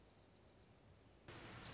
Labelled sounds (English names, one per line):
Dark-eyed Junco